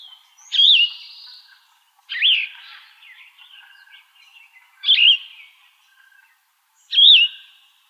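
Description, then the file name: Yellow-throated vireo singing short, burry, slurred phrases that rise and then dip, one phrase about every two seconds, with softer notes between them. Recorded in Arizona. "YTVI 1 A deviche"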